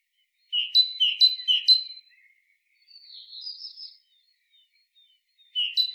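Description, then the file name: Great tit calling three bright two-part notes in a row, then a soft buzzy churr, a pause and one more sharp note; still background. "Parus major"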